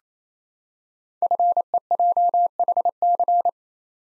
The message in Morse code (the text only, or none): FEJHC